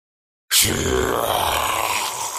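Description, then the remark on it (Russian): After a moment of silence, a monster's loud howl, full of anger and malice, erupts abruptly after a blade is thrown at it and holds for about two seconds, harsh and growling with a rough, rumbling low undertone. “Тварь издала громкий вой, наполненный гневом и злобой, после чего сразу же метнулась в мою сторону”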